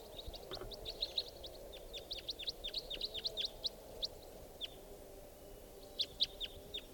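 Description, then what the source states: Red Crossbill calls, many quick downslurred chips in loose bursts, pausing briefly before a final cluster, over a low steady hum. Call type 4.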